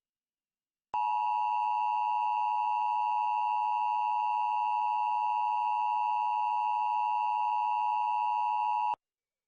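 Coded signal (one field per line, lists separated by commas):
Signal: Emergency Alert System (SAME) tones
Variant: 853 and 960 Hz attention tone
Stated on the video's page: Fictional EAS mock alert.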